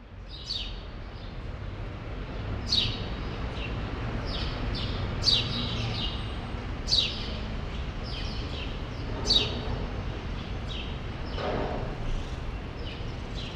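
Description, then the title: Sparrows giving scattered single chirps, a few louder sharp notes standing out every couple of seconds, against a steady low background rumble. Sparrows in a small remaining part of a once large grove, Rue Saint-Jean Népomucène, Brussels, Belgium; recorded with an AB stereo microphone pair into a field recorder. "Rue Saint-Jean Népomucène 13, 1000 Bruxelles, Belgique - Sparrows - Moineaux"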